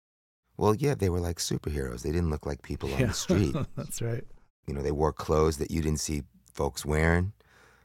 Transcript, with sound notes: Well, yeah, they were like superheroes. They didn't look like people on the street.
(Laughter) Yeah, that's right.
You know, they wore clothes that you didn't see folks wearing.